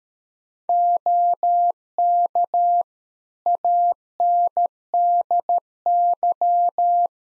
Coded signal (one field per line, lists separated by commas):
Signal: Morse code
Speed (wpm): 13 wpm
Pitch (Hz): 700 Hz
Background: none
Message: OK ANDY